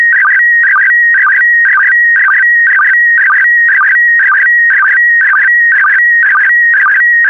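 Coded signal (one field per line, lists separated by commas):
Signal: SSTV (slow-scan television)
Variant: PD120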